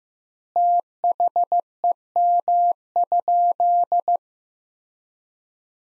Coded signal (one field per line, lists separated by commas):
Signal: Morse code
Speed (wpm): 15 wpm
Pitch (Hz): 700 Hz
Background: none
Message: THEM?